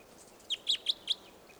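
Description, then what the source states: Red Crossbill calls: four short, sharp high notes in quick succession, then a fainter fifth note, over a quiet background. Call type 2; two or three crossbills around, at least one male in song; recorded at 10:45.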